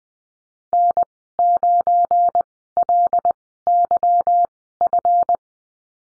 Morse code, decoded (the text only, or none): N9LYF